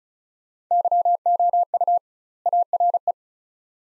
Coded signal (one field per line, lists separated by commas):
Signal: Morse code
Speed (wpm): 36 wpm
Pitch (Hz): 700 Hz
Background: none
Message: YOU ARE